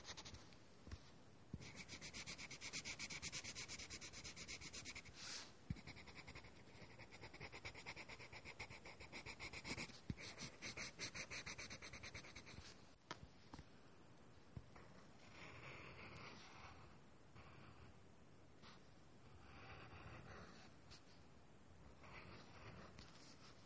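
Drawing and writing sounds: steady scratchy rubbing strokes of pencil on paper, dense and continuous, with a few sharper taps and brief pauses.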